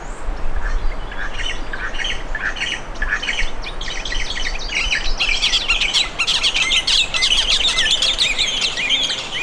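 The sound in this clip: Birds chirping, a dense overlapping chorus of short high chirps and trills that grows busier toward the end, over a steady low background hiss.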